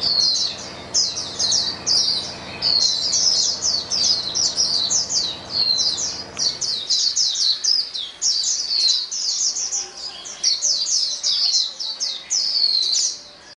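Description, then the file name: White-eye chorus of continuous high, rapid twitters and chirps; a low steady hum sits beneath the first half, then the birds continue alone. A chorus of many white-eyes singing together. "paduan suara pleci"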